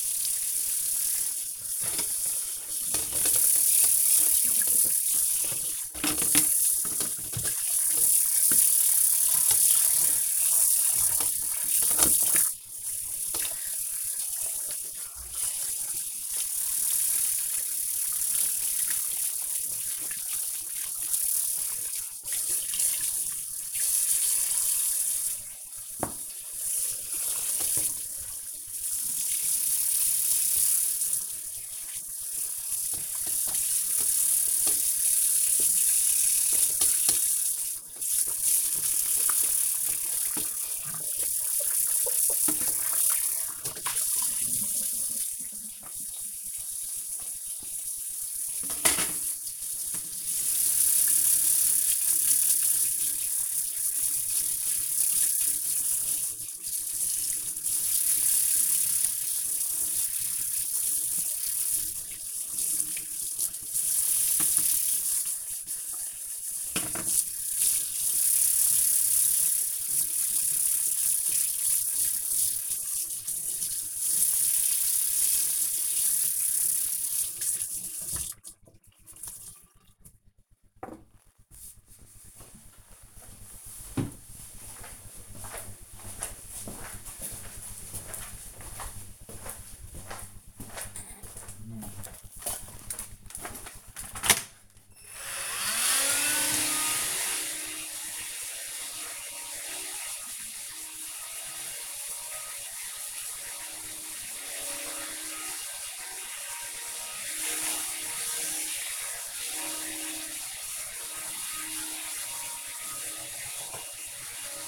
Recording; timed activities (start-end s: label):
household activities, microphone on the right wrist
0.00-80.50 s: washing dishes
93.60-114.68 s: vacuum cleaning